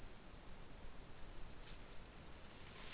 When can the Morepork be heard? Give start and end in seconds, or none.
none